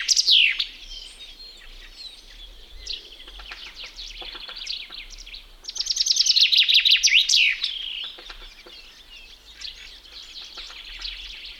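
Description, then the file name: Common chaffinch singing a fast cascade of repeated notes that tumbles downward into an emphatic end flourish, after a brief song fragment at the start; quieter birdsong fills the background. "metsvint"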